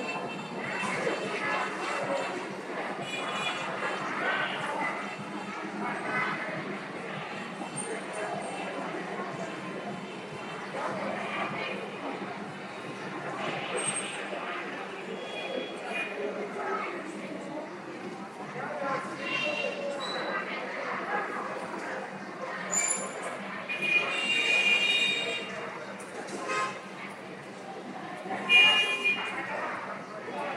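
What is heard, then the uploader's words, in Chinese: Voices chant to the Medicine Buddha at Shishi Chan Temple in Xiamen, a dense, steady murmur with a constant low hum underneath. Clear bright tones, like small bells, ring out around 23 to 25 seconds and again near 28 seconds. 厦门石室禅院，药师如来。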